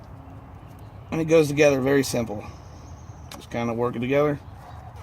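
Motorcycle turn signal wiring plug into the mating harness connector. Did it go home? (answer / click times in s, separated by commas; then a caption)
no / none. Someone talks while the two halves of a plastic motorcycle turn signal wiring plug are worked together by hand into the mating harness connector, with a brief sharp tap at about 3.3 s. Nothing has seated or clicked yet; the plug is still being handled and is not yet home.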